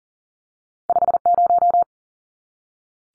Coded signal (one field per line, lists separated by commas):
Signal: Morse code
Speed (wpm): 40 wpm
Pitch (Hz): 700 Hz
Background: none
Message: 50